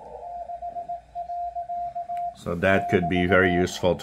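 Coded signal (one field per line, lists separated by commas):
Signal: Morse code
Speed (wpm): 18 wpm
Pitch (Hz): 700 Hz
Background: speech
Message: 6. <BT>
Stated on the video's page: Received on a Yaesu FTdx10, demonstrating its digital noise reduction (DNR).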